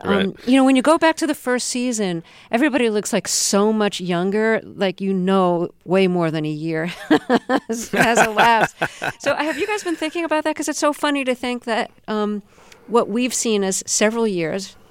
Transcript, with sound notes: But, you know, when you go back to the first season, everybody looks like so much younger, like, you know way more than a year as elapsed. (LAUGHTER) So have you guys been thinking about that? Because it's so funny to think that what we've seen as several years